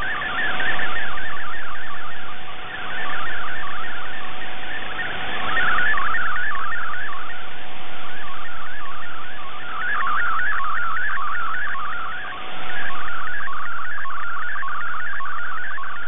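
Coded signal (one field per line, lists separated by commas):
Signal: multi-tone FSK (Olivia or MFSK type)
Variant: MFSK64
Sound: rapid warbling tone jumping between many pitches, continuous, with faint steady hum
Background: radio static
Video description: In this video it is MFSK64 for the image and MFSK32 for the concluding text after the image.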